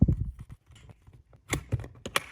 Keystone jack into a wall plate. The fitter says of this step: and press it all the way in and it'll snap into place there